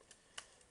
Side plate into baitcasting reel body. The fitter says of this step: put it back on you put it you line it it up you snap it on and then you twist it